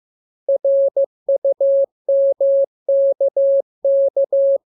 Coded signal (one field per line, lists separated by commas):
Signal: Morse code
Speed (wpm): 15 wpm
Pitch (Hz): 550 Hz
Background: none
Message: RUMKK